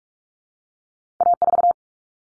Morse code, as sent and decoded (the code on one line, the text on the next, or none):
.- ....-
A4